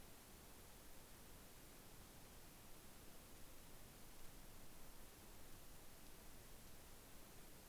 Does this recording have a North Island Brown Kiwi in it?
no